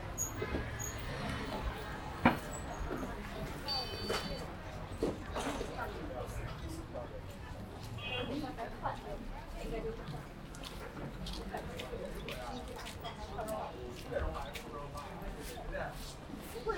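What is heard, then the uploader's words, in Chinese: On a trip for noodles in Xiang'er Hutong, steady overlapping chatter fills the air, with a sharp knock near two seconds and brief high beeps. 去香饵胡同吃小面｜城市声音。下午。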